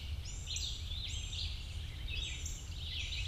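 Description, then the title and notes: Blue-gray gnatcatcher giving several thin, buzzy calls over a steady low rumble. "Blue - Gray Gnatcatcher by Christie Mullen"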